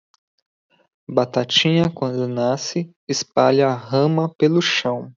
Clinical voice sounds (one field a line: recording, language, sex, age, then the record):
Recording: short text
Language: Brazilian Portuguese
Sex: male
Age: 30 to 39 years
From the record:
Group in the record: control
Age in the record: 36 years